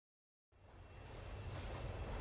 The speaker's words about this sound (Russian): Она даже вздремнула под грохот железных колес